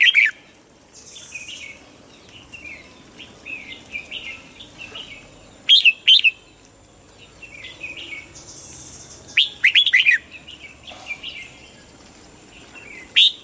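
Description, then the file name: Red-whiskered bulbul sings several loud, tumbling phrases amid softer chattering notes and occasional thin high whistles. Huế strain bulbul singing in the giọng kép (double-voice) song style. "Tieng chao mao hue hot giong kep"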